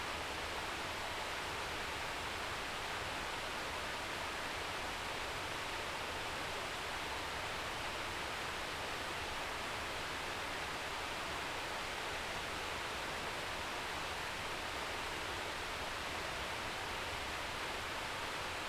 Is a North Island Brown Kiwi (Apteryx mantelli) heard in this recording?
no